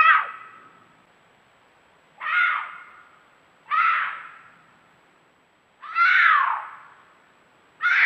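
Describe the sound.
Cougar mewing calls, harmonic and falling at the end, given about every two seconds with silence in between.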